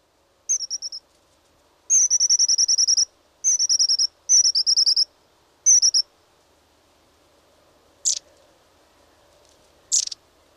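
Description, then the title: Long-tailed tit giving five quick buzzy rattled trills in close succession, followed after a pause by two short piercing high calls. "Viikon luontoääni: Pyrstötiainen"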